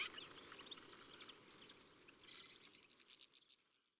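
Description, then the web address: Hawfinch calls: a quick run of thin, high, slightly descending notes midway, with scattered sharp ticks before it, fading out near the end. Recorded at a bird feeder. "Mangeoire Le Grosbec casse noyaux. album les-4-saisons-des-chants-doiseaux"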